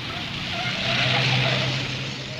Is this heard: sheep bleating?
no